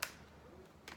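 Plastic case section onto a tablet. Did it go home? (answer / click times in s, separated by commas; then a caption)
yes / 0.0 s, 0.9 s. A plastic tablet case section is pressed back onto an iPad and snaps into place. There are two sharp snaps, a loud one at 0.0 s and a softer one at 0.9 s, with a quiet stretch between them. The case piece is seated.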